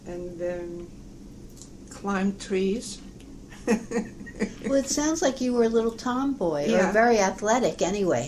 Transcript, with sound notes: and climb trees (laughs)
Well, it sounds like you were a little tomboy, or very athletic anyway.